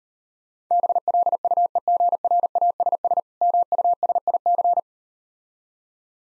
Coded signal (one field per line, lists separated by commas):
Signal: Morse code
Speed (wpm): 39 wpm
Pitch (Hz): 700 Hz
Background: none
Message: BLUEGRASS MUSIC